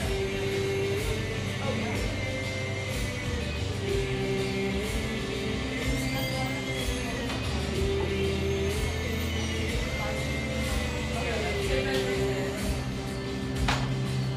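Café sounds from a small drip coffee joint: a dense, steady murmur of voices over a low rumble. A mid-pitched machine tone rises and falls every few seconds, and brief clinks of cups or utensils cut through, one sharper near the end.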